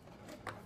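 Two tabs on the cuff of a heated tubing hose are pressed to release its plastic connector from the rear air outlet port of a ResMed AirSense 10 / AirCurve 10 CPAP machine. Over a quiet, low background, a single quiet click sounds at 0.5 s, and the hose connector is released.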